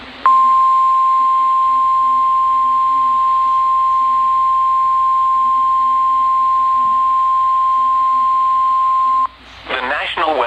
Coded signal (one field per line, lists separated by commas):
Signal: Emergency Alert System (SAME) tones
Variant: 1050 Hz attention tone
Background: speech